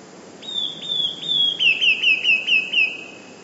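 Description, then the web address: Eurasian blue tit song of three thin sustained whistles followed by a quick, evenly spaced descending trill, low hiss in the background. "wroblowe teka 2 spiew. modraszkoteka"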